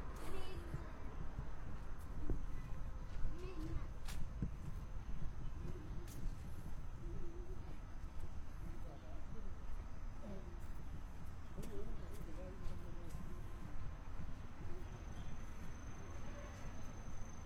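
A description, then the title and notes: Outdoor walking ambience on a cloudy day at a noon break, filled with a dense, steady murmur of distant-sounding voices and low traffic rumble. Brief clicks and knocks pop up every few seconds, and a faint thin whine runs high above throughout. 27℃ 多云天的午间散步. Noon Break Walking On A Cloudy Day.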